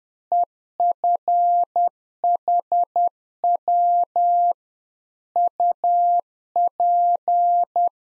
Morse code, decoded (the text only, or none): EFHW UP